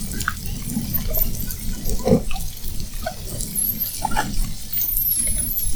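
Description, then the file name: Spinner dolphin whistles, a few high wavering sweeps late on, amid low rumbling water sound and scattered clicks and pops. Whistles, recorded at Fernando de Noronha. "Sons rotadores FN assovios"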